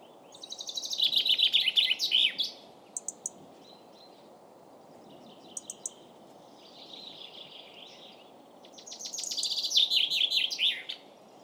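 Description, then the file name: Common chaffinch song: two bright phrases of rapid notes, with a fainter phrase between them and a few short chips. "Fringilla coelebs"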